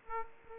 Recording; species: mosquito wingbeat signal from an infrared sensor; Aedes aegypti